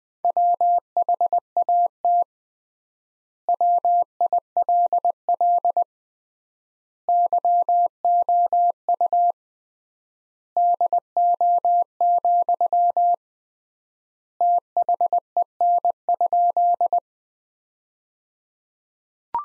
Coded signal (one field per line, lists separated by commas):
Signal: Morse code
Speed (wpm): 21 wpm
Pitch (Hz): 700 Hz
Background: none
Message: WHAT WILL YOU DO, THEN?